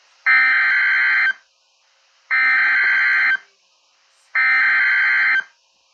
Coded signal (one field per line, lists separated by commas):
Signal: Emergency Alert System (SAME) tones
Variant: header bursts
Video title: Severe Thunderstorm Warning EAS#34 Albany ,NY